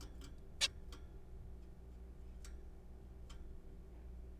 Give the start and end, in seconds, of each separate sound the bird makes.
0.61-0.68